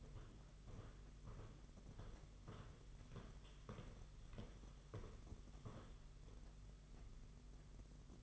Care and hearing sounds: daily activity, microphone in the room; walk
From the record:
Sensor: 4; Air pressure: 992.4 hPa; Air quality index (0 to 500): 134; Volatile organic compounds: 54 ppm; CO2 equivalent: 3350 ppm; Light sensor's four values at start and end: 20/72/26/27 and 20/72/26/27

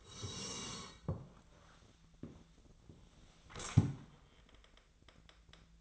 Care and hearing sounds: daily activity, microphone in the room; sit down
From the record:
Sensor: 3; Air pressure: 1000.4 hPa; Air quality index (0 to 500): 170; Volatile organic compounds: 3 ppm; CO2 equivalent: 1481 ppm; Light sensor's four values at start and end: 13/31/13/14 and 13/30/13/13

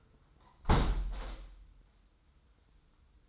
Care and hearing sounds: daily activity, microphone in the room; close window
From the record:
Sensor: 3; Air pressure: 990.4 hPa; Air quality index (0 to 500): 178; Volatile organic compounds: 1000 ppm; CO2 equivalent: 5751 ppm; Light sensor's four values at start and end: 34/79/32/30 and 33/79/32/29

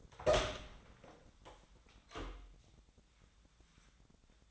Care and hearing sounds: daily activity, microphone in the room; open door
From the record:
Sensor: 3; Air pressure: 1009.2 hPa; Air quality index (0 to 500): 198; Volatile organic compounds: 4 ppm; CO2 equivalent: 1591 ppm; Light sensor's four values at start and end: 43/114/49/49 and 44/115/50/50

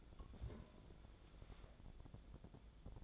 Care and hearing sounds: daily activity, microphone in the room; take from stove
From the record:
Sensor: 5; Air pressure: 1000.1 hPa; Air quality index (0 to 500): 95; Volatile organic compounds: 1 ppm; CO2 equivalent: 775 ppm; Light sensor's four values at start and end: 281/650/285/320 and 289/672/294/331

